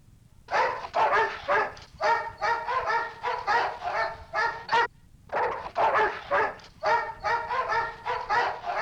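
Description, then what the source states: Dogs barking in a run of many sharp, harmonic barks, with a brief pause near the middle before the barking resumes. Several dogs barking indoors.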